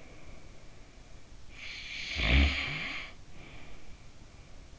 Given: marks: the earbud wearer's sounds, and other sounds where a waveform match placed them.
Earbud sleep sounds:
sounds in sleep by an in-ear microphone; snoring breath
1.08-3.66 s: snoring breath

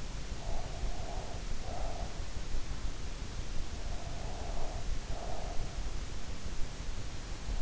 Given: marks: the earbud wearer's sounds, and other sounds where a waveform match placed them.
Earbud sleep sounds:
sounds in sleep by an in-ear microphone; breath
0.51-2.29 s: breath
3.96-5.85 s: breath

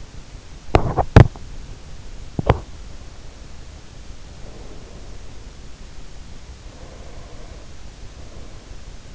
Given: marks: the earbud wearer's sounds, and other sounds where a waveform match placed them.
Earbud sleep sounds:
sounds in sleep by an in-ear microphone; teeth grinding, breath
0.58-1.52 s: teeth grinding
2.27-2.72 s: teeth grinding
4.09-5.75 s: breath
6.56-9.15 s: breath

